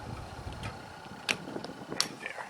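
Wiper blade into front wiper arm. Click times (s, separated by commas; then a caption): 2.0 s. A new front wiper blade on a BMW is slid back along the channel of the wiper arm and pushed with some pressure, with a sharp tick at 1.3 s, until its plastic locking tab clicks and locks in at 2.0 s, followed by faint rattles. The blade is seated on the arm and is then ready to be tugged to check it.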